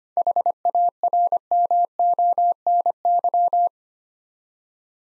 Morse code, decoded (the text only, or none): HARMONY